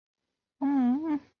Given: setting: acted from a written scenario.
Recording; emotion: vocal sound without words; sympathy